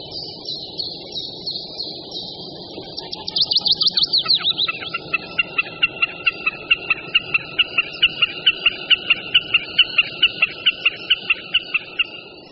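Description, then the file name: Common snipe chipping, a long steady series of rapid high notes, after a brief high trill. "Bekasina otavní"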